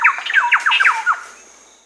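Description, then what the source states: Thrush-like Wren calling, a rapid burst of harsh, descending chattering notes lasting about a second, then fading to quiet. Recorded in South America.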